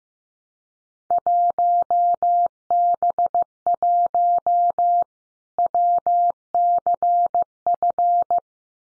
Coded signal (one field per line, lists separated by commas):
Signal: Morse code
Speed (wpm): 15 wpm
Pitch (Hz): 700 Hz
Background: none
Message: 1B1 WCF